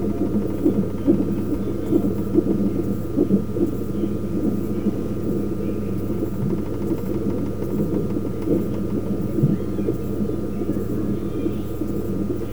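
Fetal heartbeat picked up by a Doppler monitor, a rapid whooshing beat at about 143 per minute over a steady low hum, recorded in Hopewell, Virginia.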